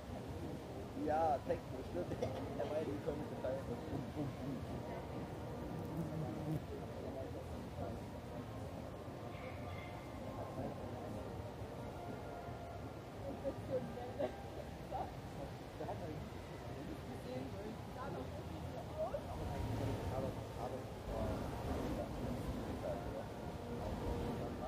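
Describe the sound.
People pass by in the Englischer Garten in Munich, with fragments of conversation filling a dense, steady murmur. A low, rumbling bed runs underneath throughout. Brief brighter sounds rise above the crowd now and then, around 1, 10 and 20 seconds.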